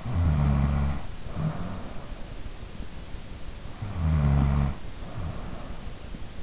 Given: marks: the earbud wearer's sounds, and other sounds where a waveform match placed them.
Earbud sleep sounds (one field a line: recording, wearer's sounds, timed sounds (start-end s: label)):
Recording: sounds in sleep by an in-ear microphone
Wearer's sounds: snoring breath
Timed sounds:
0.00-2.08 s: snoring breath
3.57-5.80 s: snoring breath